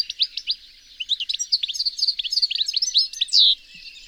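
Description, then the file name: European goldfinch giving rapid twittering notes in quick succession, ending in a longer, louder note. "Carduelis carduelis"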